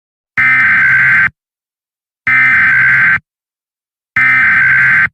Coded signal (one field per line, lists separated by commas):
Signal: Emergency Alert System (SAME) tones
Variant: header bursts